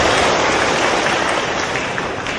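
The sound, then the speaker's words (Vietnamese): Buddhist followers applaud to welcome the Most Venerable monk, Vice Chairman of the Executive Council of the Vietnam Buddhist Sangha: many hands clapping in a dense, even wash of sound that stays loud and constant throughout, with no voices heard over it. “Xin toàn thể quý Phật tử dành cho tràng pháo tay để nghinh tiếp Hòa Thượng.”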